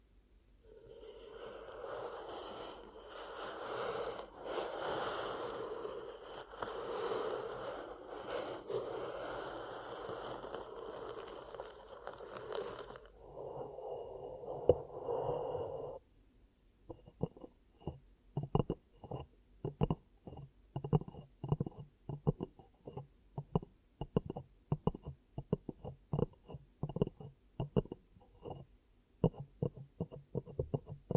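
Ear cupping sounds from an ASMR session. For the first thirteen seconds a dense, muffled rushing swells and fades in slow waves, then briefly thins to a quieter hush. After about sixteen seconds it turns into rapid, irregular soft taps and pats that continue to the end.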